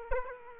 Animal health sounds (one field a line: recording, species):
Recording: mosquito wingbeat signal from an infrared sensor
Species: Aedes aegypti